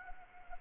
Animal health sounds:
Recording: mosquito wingbeat signal from an infrared sensor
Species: Anopheles arabiensis

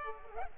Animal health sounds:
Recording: mosquito wingbeat signal from an infrared sensor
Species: Culex pipiens

